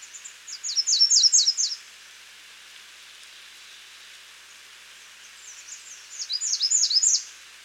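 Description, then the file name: American redstart sings two bursts of high, rapid downslurred notes about five seconds apart over a steady background hiss. "Setophaga ruticilla - American Redstart"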